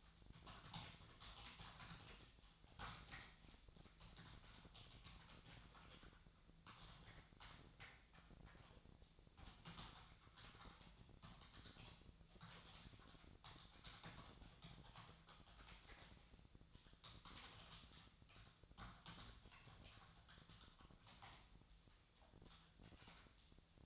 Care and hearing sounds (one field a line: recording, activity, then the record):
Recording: daily activity, microphone in the room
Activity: typing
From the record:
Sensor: 3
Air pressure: 999.2 hPa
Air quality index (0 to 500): 206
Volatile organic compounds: 55 ppm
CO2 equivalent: 3362 ppm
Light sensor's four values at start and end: 8/20/7/8 and 8/20/7/8